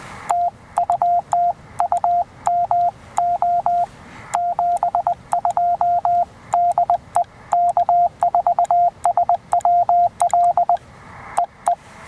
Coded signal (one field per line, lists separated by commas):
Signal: Morse code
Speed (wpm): 20 wpm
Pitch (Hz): 700 Hz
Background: radio noise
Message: TU TU MO 72 DE K4SWL EE